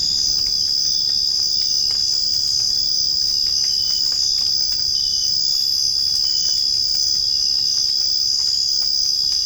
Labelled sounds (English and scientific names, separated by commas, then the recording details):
none
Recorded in dense forest near Puerto Asís, Putumayo, Colombia, on 25 June 2025 at 05:30
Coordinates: 0.481, -76.323
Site G072